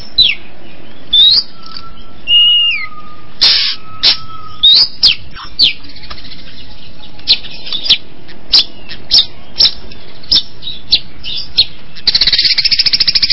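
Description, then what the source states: Long-tailed shrike song mixing varied whistles, a steady drawn-out tone and harsh scratchy bursts, then a rapid rattling trill at the end. Combination song (kombinasi) style.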